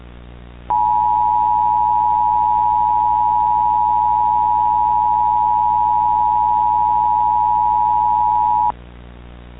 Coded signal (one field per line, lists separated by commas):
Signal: Emergency Alert System (SAME) tones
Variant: 853 and 960 Hz attention tone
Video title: EAS MOCK | Break ins Part 2 (07/22/2007)